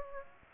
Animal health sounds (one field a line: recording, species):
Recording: mosquito wingbeat signal from an infrared sensor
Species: Aedes aegypti